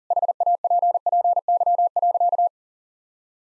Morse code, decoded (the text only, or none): HAPPY.